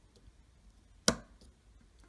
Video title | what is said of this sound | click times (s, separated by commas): how to modify a tlr 1 to fit your hk45c | there you go see it fits nice and snug it popped into place | 1.1 s